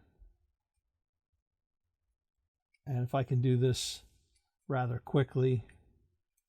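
A pocket gimbal camera is being handled near a phone holder bracket while someone talks. A faint tick sounds at about 2.8 s, just before the speech, but nothing has seated or clicked into the bracket yet.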